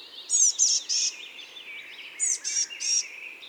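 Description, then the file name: Eurasian blue tit calling in two groups of three loud, buzzy notes, each group lasting under a second, over soft twittering. "Cyanistes caeruleus"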